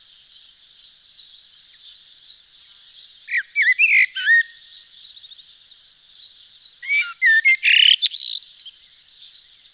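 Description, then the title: Eurasian blackbird song: two bursts of fluting, warbled phrases over a steady chorus of high chirping birds. Recorded in Nord, northern France. "Sylvain Jaskowiak - Mes piafs. Merle noir dans le Nord"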